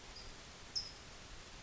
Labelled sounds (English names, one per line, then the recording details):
California Towhee
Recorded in Sonoma County, California